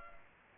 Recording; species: mosquito wingbeat signal from an infrared sensor; Culex pipiens